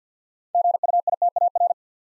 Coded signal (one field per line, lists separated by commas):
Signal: Morse code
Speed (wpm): 51 wpm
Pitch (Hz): 700 Hz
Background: none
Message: GUITAR